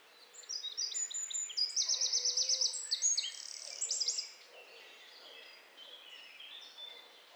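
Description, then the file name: Eurasian wren song: a loud, rapid run of high, sharp notes and fast rattling trills lasting about four seconds, then quieter bird calls over faint background hiss. "Troglodytes troglodytes"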